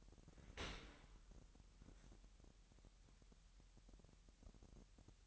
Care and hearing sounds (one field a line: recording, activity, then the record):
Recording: daily activity, microphone in the room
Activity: open dishwasher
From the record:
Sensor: 3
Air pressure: 998.3 hPa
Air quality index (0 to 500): 148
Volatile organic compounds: 5 ppm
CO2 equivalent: 1764 ppm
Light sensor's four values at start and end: 13/39/16/14 and 13/39/16/14